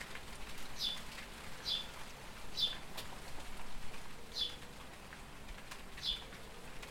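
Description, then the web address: House sparrow, five short, thin chirps at uneven intervals, with faint clicks and light background hiss. "pub SETE data Passer domesticus"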